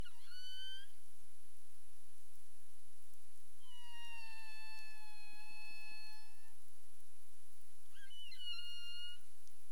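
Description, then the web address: Humpback whale tonal calls: a short upswept cry, then a long, steady, slightly falling harmonic moan lasting about three seconds, then another rising cry, over faint steady hiss. Recorded in the Caribbean on 27 April 2035 at 22:53 UTC. "humpback whale 20350427 225331 UTC"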